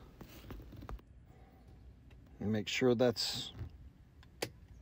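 The metal retaining clip on the bottom end fitting of an RV gas strut is pushed back on over the lower bracket's ball stud while someone talks. Faint handling ticks come early, then a sharp, loud snap at 4.4 s as the clip seats in place.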